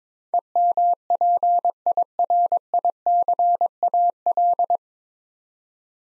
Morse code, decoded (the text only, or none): EMPIRICAL